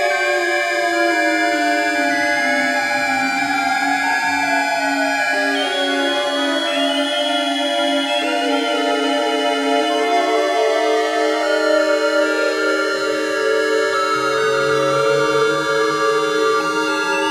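An 8-voice Moog synthesizer runs its calibration through a Dreadbox Hypnosis effect, sounding as dense, overlapping sustained tones that glide and step up and down in pitch. The level stays steady throughout, with a low drone entering near fourteen seconds.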